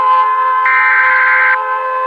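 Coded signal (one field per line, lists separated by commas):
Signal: Emergency Alert System (SAME) tones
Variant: header bursts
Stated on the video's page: Fictional analog horror EAS scenario, a simulated alert.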